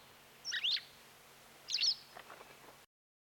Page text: Дарвиновский музей - Белая трясогузка